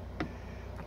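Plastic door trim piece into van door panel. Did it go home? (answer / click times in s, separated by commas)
yes / 0.2 s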